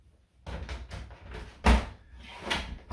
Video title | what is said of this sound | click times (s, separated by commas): Levoit Eleva 300x CADR Carbon Filter System Level Seal Air Purifier Unboxing & Review | we'll get it twisted in, locked into place. | 1.7 s